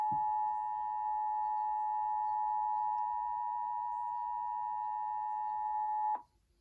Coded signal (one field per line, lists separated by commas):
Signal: Emergency Alert System (SAME) tones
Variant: 853 and 960 Hz attention tone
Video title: 03/24/21 EAS Tests - EAS 116-117